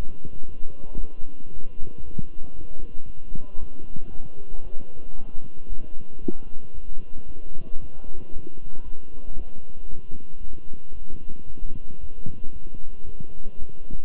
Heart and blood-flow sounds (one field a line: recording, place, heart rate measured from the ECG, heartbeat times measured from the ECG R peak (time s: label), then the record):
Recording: heart sounds by stethoscope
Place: between the tricuspid and mitral areas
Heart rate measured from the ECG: 115 bpm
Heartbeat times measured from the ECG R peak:
0.48 s: heartbeat
1.00 s: heartbeat
1.52 s: heartbeat
2.04 s: heartbeat
2.54 s: heartbeat
3.06 s: heartbeat
3.59 s: heartbeat
4.11 s: heartbeat
4.63 s: heartbeat
5.15 s: heartbeat
5.68 s: heartbeat
6.21 s: heartbeat
6.74 s: heartbeat
7.27 s: heartbeat
7.80 s: heartbeat
8.32 s: heartbeat
8.84 s: heartbeat
9.36 s: heartbeat
9.89 s: heartbeat
10.41 s: heartbeat
10.93 s: heartbeat
11.46 s: heartbeat
11.99 s: heartbeat
12.52 s: heartbeat
13.05 s: heartbeat
13.58 s: heartbeat
From the record:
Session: walking at 3.7 km/h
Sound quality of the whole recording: good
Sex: male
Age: 23 years